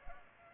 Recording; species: mosquito wingbeat signal from an infrared sensor; Culex pipiens